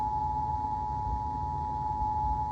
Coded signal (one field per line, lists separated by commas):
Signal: Emergency Alert System (SAME) tones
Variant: 853 and 960 Hz attention tone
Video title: Nature Cat EAS